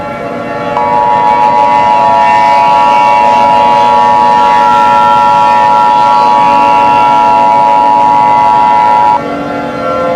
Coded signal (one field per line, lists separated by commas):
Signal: Emergency Alert System (SAME) tones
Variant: 853 and 960 Hz attention tone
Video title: EAS Scenario 3: World War III Russia Vs. NATO Emergency Alert System!